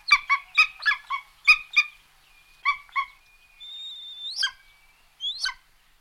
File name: Golos - Berkut Aquila chrysaetos